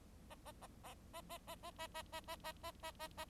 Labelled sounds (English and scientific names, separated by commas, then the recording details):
Bengalese Finch (Lonchura striata domestica) song
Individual Bird4